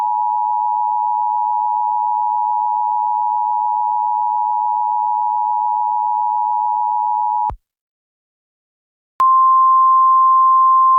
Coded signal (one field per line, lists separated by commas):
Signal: Emergency Alert System (SAME) tones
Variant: 853 and 960 Hz attention tone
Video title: EAS - The River's Revenge